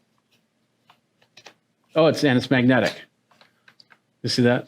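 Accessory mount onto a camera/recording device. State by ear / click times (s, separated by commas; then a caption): seated / 1.4 s. A small magnetic accessory mount is fitted onto a Solium camera/recording device for the first time, with faint taps before it snaps into place with a short click at 1.4 s. Someone then talks, and the mount is seated.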